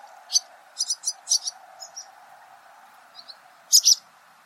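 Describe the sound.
Barn swallow chirps, several sharp high notes, some in quick pairs, with gaps between, set against a constant low droning hum.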